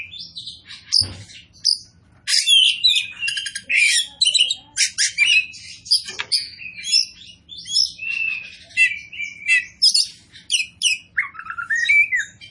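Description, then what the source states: Oriental magpie-robin song, a rapid, varied stream of sharp whistles, trills and buzzy notes high in pitch, with a brief dull thump near the start. Kacer poci form, singing loudly and continuously (gacor).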